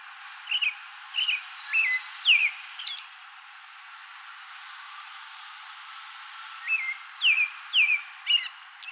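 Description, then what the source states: American robin song: two bursts of short whistled, downslurred phrases, about four each, separated by a quiet pause. Recorded 2020-04-24.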